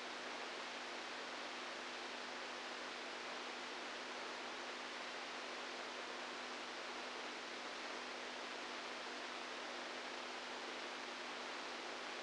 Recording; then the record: brain microelectrode recording played as sound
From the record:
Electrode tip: inside the subthalamic nucleus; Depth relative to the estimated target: -1 mm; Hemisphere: right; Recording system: NeuroSet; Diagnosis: Parkinson's disease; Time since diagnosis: 10 years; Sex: female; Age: 67 years